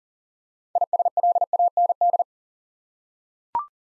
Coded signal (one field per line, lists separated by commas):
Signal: Morse code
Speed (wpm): 39 wpm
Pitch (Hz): 700 Hz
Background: none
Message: ISLAND